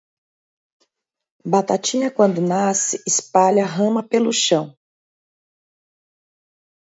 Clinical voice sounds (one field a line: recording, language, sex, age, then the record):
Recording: short text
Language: Brazilian Portuguese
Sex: female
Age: 40 to 49 years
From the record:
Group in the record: control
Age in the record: 42 years